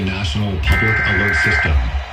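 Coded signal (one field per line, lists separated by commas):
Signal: Emergency Alert System (SAME) tones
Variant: header bursts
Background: speech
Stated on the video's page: Tornado and severe thunderstorm alerts received on a weather radio from NOAA and Canadian weather radio stations, plus Alert Ready alerts from an FM radio station.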